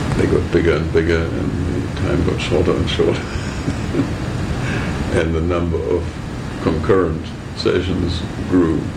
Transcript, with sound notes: got bigger and bigger, and time got shorter and shorter. [laughter] And the number of concurrent sessions grew